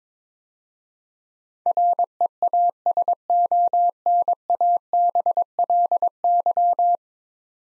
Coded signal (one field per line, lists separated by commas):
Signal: Morse code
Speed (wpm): 22 wpm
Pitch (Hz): 700 Hz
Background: none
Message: REASONABLY